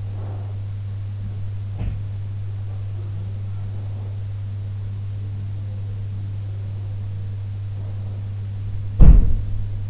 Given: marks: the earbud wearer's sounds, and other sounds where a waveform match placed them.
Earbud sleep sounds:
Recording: sounds in sleep by an in-ear microphone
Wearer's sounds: breath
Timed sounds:
0.00-0.70 s: breath
1.58-2.04 s: sound from someone else or the room
8.83-9.33 s: sound from someone else or the room

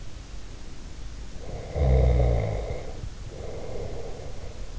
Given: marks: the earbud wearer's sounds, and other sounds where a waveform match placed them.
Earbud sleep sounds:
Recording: sounds in sleep by an in-ear microphone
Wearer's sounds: snoring breath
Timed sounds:
1.20-4.71 s: snoring breath

